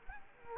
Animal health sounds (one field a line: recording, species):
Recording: mosquito wingbeat signal from an infrared sensor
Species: Culex quinquefasciatus